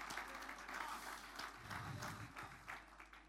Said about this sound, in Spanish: Denle ese aplauso de alabanza al Señor. Gloria al Señor Jesucristo.